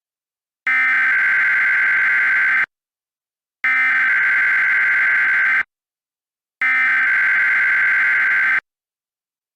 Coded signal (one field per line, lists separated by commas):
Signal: Emergency Alert System (SAME) tones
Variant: header bursts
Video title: EAS Mock: NY Capital District AMBER Alert 11/9/20